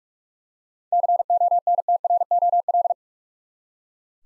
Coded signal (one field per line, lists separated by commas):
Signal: Morse code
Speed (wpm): 46 wpm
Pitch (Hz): 700 Hz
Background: none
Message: CONTROL